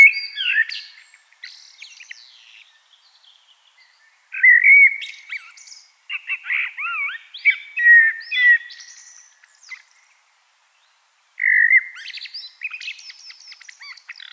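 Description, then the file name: Common blackbird song: several fluty warbling phrases mixed with thin, scratchy twittering notes, with short pauses between them. "Turdus merula"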